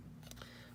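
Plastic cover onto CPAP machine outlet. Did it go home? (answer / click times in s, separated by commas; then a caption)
yes / 0.3 s. A plastic cover is fitted over the outlet side of a RemStar Auto A-Flex CPAP machine before the filter goes on. It snaps into place with a sharp click at 0.3 s, followed by a softer plastic tick at 0.4 s, over a low steady hum. The cover is seated.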